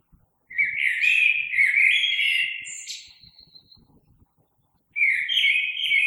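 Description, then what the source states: Common blackbird song: a full, melodious warbled phrase with high squeaky overtones, a short pause, then the next phrase begins. Recorded 3 March 2020.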